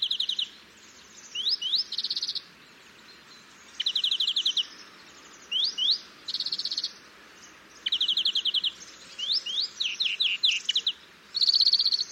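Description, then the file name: European greenfinch calling: rapid trilled bursts mixed with rising whistled notes, in irregular runs. "Chloris chloris"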